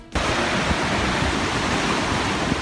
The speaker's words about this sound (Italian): Come una cascata gigantesca, per la prima volta in 50 anni l'acqua tracima oltre il bordo della diga di Oroville nel nord della California e sembrano fiumi in piena, fangosi quel che nascono ai suoi lati.